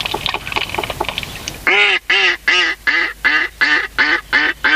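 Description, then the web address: Mallard quacking, a rapid series of about eight loud, harsh quacks after a brief patch of faint chattering calls. "sikioto. magamo"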